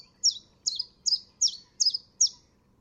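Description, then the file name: Common chiffchaff singing six bright, high chip notes in quick succession, each note dropping in pitch, over quiet background. "pouillot veloce"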